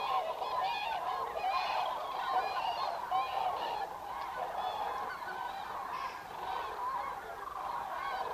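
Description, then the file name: Dense chorus of common cranes, many trumpeting calls overlapping continuously, loudest in the first half and easing slightly afterwards. Recorded 5 November 2018. "2018 11 05 zurawie"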